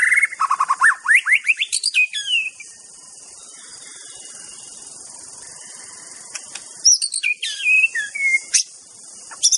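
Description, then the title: White-rumped shama song: rich, varied whistled phrases with sharp rising and falling notes, a pause midway, then more slurred whistles, over a steady high insect drone. Wild bird singing in forest. "Kicau Asli Murai Batu Hutan"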